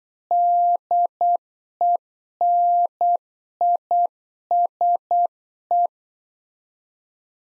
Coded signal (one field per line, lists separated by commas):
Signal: Morse code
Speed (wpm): 8 wpm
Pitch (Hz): 700 Hz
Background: none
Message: DENISE